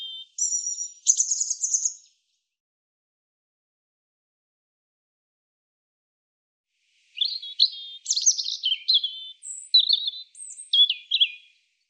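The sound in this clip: European robin song with a short high trilled phrase, a long pause, then a longer varied phrase of sharp whistles and tinkling notes; nothing else audible.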